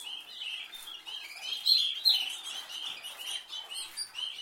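Canary song, soft rapid twittering and short trills with two brighter whistled notes near the middle.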